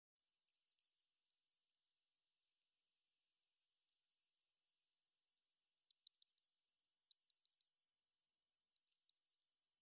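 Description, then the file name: Eurasian blue tit giving high, thin calls in quick runs of four or five falling notes, five bursts spaced irregularly over about nine seconds against silence. "Cyanistes caeruleus"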